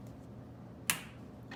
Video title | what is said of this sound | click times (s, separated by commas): MY C5 CORVETTE GETS AN INTERIOR UPGRADE! | we go did you hear that snap all right | 0.9 s